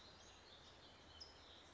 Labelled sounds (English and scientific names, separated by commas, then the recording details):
California Towhee (Melozone crissalis)
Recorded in Sonoma County, California